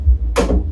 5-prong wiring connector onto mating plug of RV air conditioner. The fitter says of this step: that one. Nice snap.